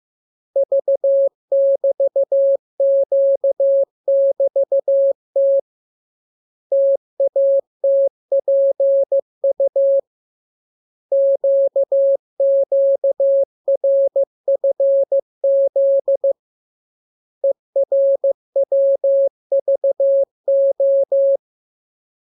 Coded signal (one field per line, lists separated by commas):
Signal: Morse code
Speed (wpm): 15 wpm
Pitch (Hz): 550 Hz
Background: none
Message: V<BT>Q<BT>T TATPU QQRFZ ERWVO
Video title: Learning Morse Code. Lesson 25. Letter KMURESNAPTLWI.JZ=FOY,VG5/Q